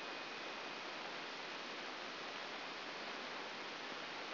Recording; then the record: brain microelectrode recording played as sound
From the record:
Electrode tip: outside the subthalamic nucleus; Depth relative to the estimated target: -2.5 mm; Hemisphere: left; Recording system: AlphaMap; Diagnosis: Parkinson's disease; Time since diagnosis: 9 years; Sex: male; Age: 53 years